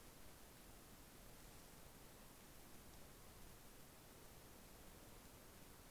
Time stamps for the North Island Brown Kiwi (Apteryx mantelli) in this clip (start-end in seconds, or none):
none